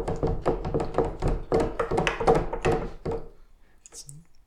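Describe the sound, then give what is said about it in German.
A quick, steady run of footsteps thumping down a staircase after going out through a door, about a dozen heavy treads in three seconds, then they stop and a faint clink follows. “Los, raus, raus, raus, ich will abschließen. Treppe runter.”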